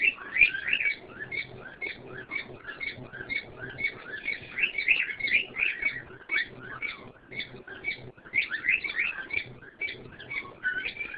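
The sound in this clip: Bird twittering continuously, a busy stream of high chirps and chatter with no real pauses across the whole stretch.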